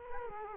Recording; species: mosquito wingbeat signal from an infrared sensor; Culex quinquefasciatus